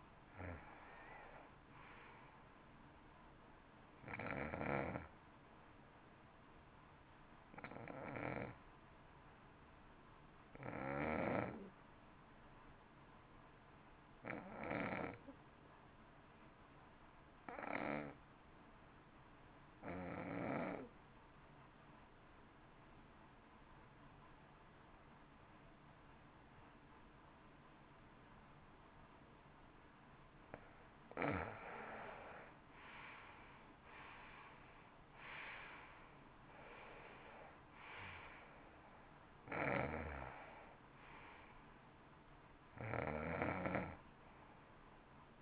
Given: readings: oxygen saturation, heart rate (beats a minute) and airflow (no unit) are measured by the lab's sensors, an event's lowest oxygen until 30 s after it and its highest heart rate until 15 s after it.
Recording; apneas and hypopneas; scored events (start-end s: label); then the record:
breathing in sleep by a voice recorder at the bedside; 1
12.00-32.50 s: hypopnea (N2, oxygen 95% highest, then 81% lowest, heart rate 54 at the start, 67 highest)
22.00-45.42 s: new sleep stage, N1 (lightest sleep)
From the record:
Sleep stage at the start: N2 (light sleep); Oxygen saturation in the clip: 82 to 95%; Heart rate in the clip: 53 to 67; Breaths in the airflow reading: 12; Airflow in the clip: -18.1 to 15.0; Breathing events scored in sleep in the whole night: 328 in 6.3 hours asleep